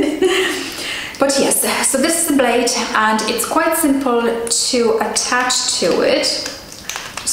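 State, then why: Seated. A plastic dermaplaning blade head is twisted onto its razor handle while someone talks. A sharp click is heard at 6.9 seconds, meaning the blade head is seated in place on the handle.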